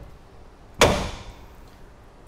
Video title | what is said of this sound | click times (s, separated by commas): How To Hook Up Your Sway Control Hitch | Snaps in place. | 0.8 s